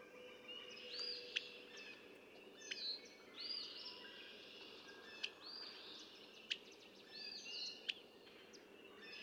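Red-winged blackbird, sharp clicks every couple of seconds with softer repeated notes over steady background noise.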